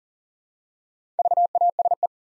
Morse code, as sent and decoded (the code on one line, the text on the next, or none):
...- .- ... .
VASE